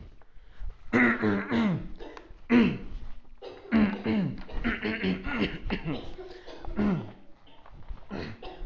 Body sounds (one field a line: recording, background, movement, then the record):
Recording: throat clearing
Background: a bystander coughing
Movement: walking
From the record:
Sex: male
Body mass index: 21.0 kg/m2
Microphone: on the chest, facing outward